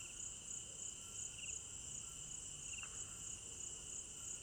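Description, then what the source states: Crickets singing in a steady high chorus with a pulsing lower trill; a brief faint click partway through. Crickets at night in an African village garden; recorded in stereo binaural.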